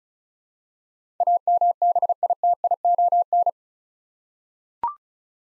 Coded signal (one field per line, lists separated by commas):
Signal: Morse code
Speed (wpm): 36 wpm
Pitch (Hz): 700 Hz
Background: none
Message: AMBITION